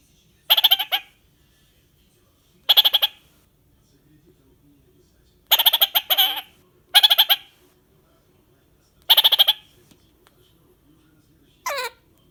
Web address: popugai kakarik poyot. cyanoramphus malherbi